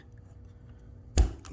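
Continued hand pressure on the plastic top cover of an Audi C7 Valvetronic exhaust valve remote, pressed onto its base housing, brings a sharp, loud snap at 1.2 s as a second clip clicks in, followed by a faint tick about 0.3 s later against a quiet background. The cover is only partly seated, as one more click at the back is still needed.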